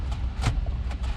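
An aftermarket car radio, apparently its plastic faceplate or the unit itself, is pressed into its housing in the dash of a 2001 Mercedes-Benz SLK 320 during a radio upgrade. Only a steady low rumble with a few soft, brief rustling bursts is heard, and no click occurs. The radio has not clicked or seated in place.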